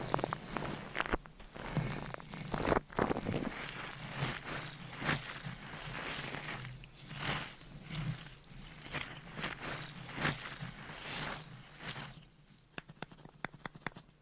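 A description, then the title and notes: Dry handling noises on a microphone: brushing and scratching strokes with soft taps, arriving in irregular bursts every second or so. A steady low hum sits underneath. Near the end the rubbing stops, leaving a quieter stretch broken by a few sharp clicks. Mic Scratching ,Tapping,Brushing & Massage -No Talking.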